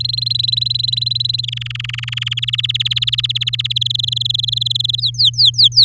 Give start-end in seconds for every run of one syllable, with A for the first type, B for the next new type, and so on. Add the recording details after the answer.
0.00-1.41 A, 1.43-2.34 B, 2.37-3.73 C, 3.76-5.00 D, 5.01-5.85 E. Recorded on 9 May 2018 at 13:19. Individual llb16